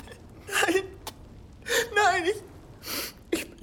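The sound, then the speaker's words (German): A man sobs and whimpers in several shaky, breathy bursts, the voice wavering up and down in pitch between sharp gasping intakes of breath. “Na, na, na, ist mein Anblick so schrecklich, dass du weinen musst, wenn du mich siehst?”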